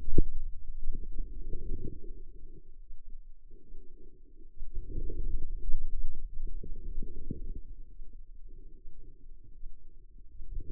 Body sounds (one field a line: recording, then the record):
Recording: forearm muscle sounds (acoustic myography)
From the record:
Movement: outward rotation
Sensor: system 2, bracelet of six BSWA MPA416 microphones around the upper forearm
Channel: 2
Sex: female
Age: 25 years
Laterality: right